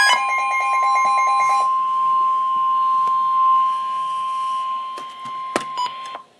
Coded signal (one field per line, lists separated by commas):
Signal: Emergency Alert System (SAME) tones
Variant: 1050 Hz attention tone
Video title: Severe Thunderstorm Warning - EAS #164